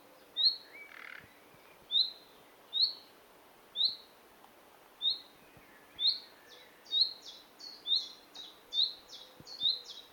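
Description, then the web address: Common nightingale uttering a series of rising whistles about once a second, joined near the end by other higher notes. "SETE data Luscinia megarhynchos"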